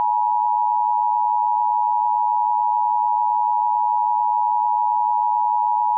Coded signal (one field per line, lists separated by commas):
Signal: Emergency Alert System (SAME) tones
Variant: 853 and 960 Hz attention tone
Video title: (EAS Scenario) Shadowed Romance Part 1: Under Nightmare's Spell